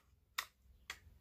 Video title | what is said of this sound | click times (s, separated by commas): Lamello triton | la chose bien c'est commun le petit clic pour nous arrêter à 45 | 0.4 s